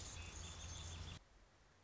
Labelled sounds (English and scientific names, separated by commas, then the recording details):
Anna's Hummingbird (Calypte anna)
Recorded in Sonoma County, California